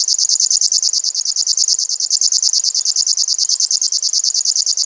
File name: sverchok rechnojj